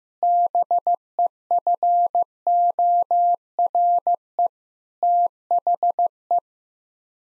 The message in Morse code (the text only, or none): BEFORE THE